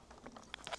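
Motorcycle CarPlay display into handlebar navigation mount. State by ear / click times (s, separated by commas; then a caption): seated / 0.5 s, 0.7 s. A CARABC DB601 motorcycle CarPlay display is pressed firmly into the BMW handlebar navigation mount on a BMW GS. Soft rubbing gives way to a cluster of small, sharp clicks, with the clearest at 0.5 s and 0.7 s. The unit latches into the mount and holds firmly.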